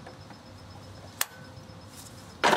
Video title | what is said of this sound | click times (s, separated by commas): Ford Fuel Filter Replacement | the whole press down until it snaps looks | 1.2 s